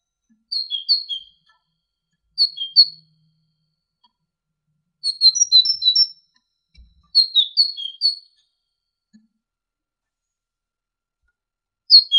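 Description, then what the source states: Great tit song: short bursts of high, clear two- and three-note phrases alternating up and down, repeated several times with silent gaps between. Indonesian masteran recording of great tit song for training songbirds, uploaded November 2014.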